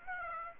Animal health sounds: mosquito wingbeat signal from an infrared sensor; Aedes aegypti

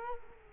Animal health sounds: mosquito wingbeat signal from an infrared sensor; Culex quinquefasciatus

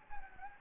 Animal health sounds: mosquito wingbeat signal from an infrared sensor; Anopheles gambiae

